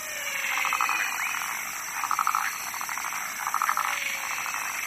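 Frog calling with rattling, pulsed croaks, each about half a second long and repeated roughly every one and a half seconds, over a steady high hiss.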